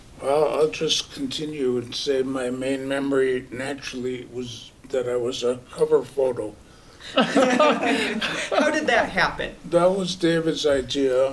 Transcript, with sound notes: Well, I'll just continue and say my main memory naturally was that I was a cover photo [LAUGHTER]
How did that happen?
That was David's idea.